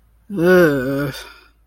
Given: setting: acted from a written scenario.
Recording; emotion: vocal sound without words; disgust